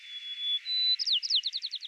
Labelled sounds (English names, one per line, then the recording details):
White-crowned Sparrow song
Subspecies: nuttalli
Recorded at Battery East, California, in 2013
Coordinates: 37.806, -122.471
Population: north
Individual beC_13